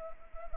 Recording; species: mosquito wingbeat signal from an infrared sensor; Anopheles arabiensis